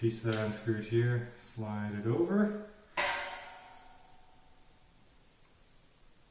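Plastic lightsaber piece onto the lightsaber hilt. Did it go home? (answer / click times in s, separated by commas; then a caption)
no / none. Someone talks while sliding a plastic piece over onto the hilt of a Hasbro Force FX Elite Supreme Leader Kylo Ren lightsaber toy. A sharp broadband sound at about 3.0 s is followed by a faint tail that fades over the next few seconds. The piece has not locked or seated onto the hilt yet.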